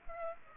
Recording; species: mosquito wingbeat signal from an infrared sensor; Aedes aegypti